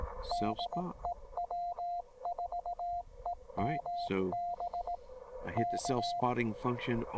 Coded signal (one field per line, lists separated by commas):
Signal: Morse code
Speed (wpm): 18 wpm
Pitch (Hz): 700 Hz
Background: speech, radio noise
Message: DE W4EMB K